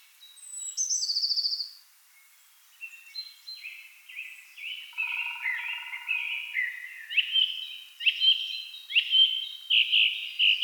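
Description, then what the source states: Song thrush delivering a high buzzy opening phrase, then a string of clear whistled and warbled notes, the final phrase repeated several times. Recorded 28 April 2010.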